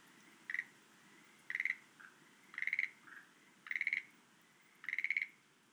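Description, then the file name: Schlegel's green tree frog repeating brief pulsed rattles roughly every second, each a quick burst of clicks, with faint lower notes between. "rodolphe alexis - rhacophorus schlegelii"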